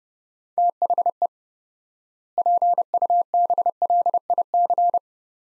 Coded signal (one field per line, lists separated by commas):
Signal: Morse code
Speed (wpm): 29 wpm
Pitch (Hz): 700 Hz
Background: none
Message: THE PUBLIC